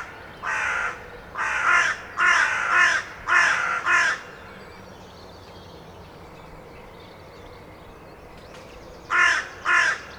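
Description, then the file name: Carrion crow calling in two bouts: several hoarse caws in quick succession, a pause, then a few more caws. "Corvus corone"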